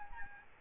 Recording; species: mosquito wingbeat signal from an infrared sensor; Aedes albopictus